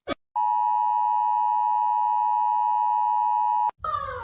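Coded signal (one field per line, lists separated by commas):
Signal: Emergency Alert System (SAME) tones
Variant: 853 and 960 Hz attention tone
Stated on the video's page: Animated EAS alarms, not a real broadcast.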